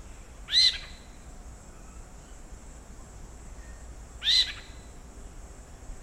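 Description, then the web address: Spotted owlet uttering two short, rasping screeches nearly four seconds apart against a constant background hiss. "Spotted Owlet Athene brama. spotted owllet call"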